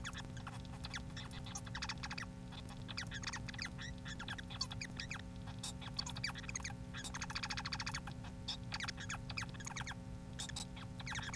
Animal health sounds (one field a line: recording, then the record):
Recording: song of a male Bengalese finch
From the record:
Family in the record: son of father 4